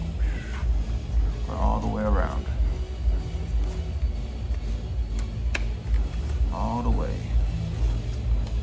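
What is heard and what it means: A small aquarium water-pump part is fitted into a gap in the tank fitting, worked all the way around and pushed all the way in, while someone talks over a steady low hum. A faint, sharp tap is heard near 5.6 seconds, but nothing has seated or clicked yet; the part is still being handled.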